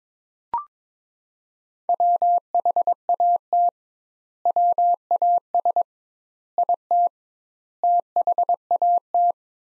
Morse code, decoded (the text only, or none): WHAT WAS IT THAT